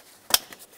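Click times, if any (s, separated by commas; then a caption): 0.3 s. The electrical connector for the cooling fan wiring is pushed into the fan assembly harness on a 2003-2011 Mercury Grand Marquis during a radiator replacement. A sharp, bright latch click sounds at 0.3 s, followed by a fainter tick at 0.5 s, and the connector is seated.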